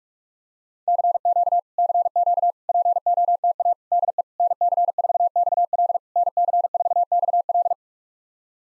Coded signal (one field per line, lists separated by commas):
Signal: Morse code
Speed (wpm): 46 wpm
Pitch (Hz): 700 Hz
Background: none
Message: CQ CQ POTA DE NC4XL NC4XL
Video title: POTA QSO Practice - 45wpm